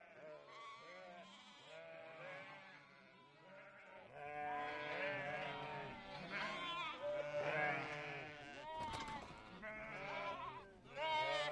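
A flock of sheep and lambs bleats almost without pause, many voices overlapping, high lamb cries over deeper calls. The chorus swells after about four seconds and stays loud. A brief clatter cuts through near the nine-second mark.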